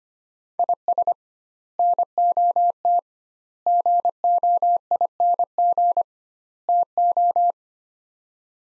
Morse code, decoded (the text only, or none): IS NOT GOING TO